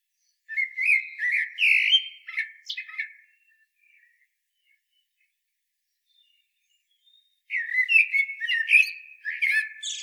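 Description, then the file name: Common blackbird singing two warbled, fluty phrases with twittering ends, the first at the start and the second after a pause of about four seconds. "Turdus merula"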